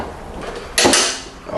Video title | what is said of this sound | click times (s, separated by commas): Replacing Motor and Transmission Mounts 2003 Dodge Grand Caravan, 3.3L | right you hear that clicking sound that's how you know that is taut so that | 0.8 s